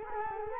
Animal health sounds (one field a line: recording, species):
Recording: mosquito wingbeat signal from an infrared sensor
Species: Culex quinquefasciatus